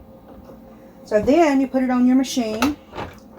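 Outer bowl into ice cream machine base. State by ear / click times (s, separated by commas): not seated / none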